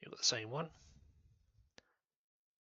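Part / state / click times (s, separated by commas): blue plastic clip pin into a technic beam / partly seated / 1.8 s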